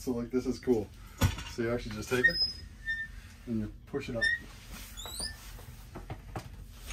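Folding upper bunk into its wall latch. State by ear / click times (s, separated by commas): seated / 6.1 s, 6.4 s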